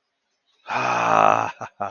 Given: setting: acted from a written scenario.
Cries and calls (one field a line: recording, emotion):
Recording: vocal sound without words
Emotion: ecstasy